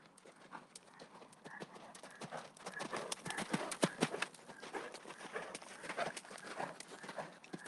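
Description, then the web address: Galloping horse hooves pounding in a quick, uneven patter that builds toward the middle and stays strong to the end. Horses galloping outside on sand. "fvtt-sonniss-gdc-audio -horses-galloping-outside-in-sand"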